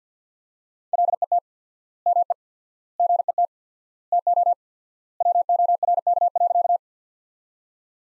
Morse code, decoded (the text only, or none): LET ME GET TO WORK.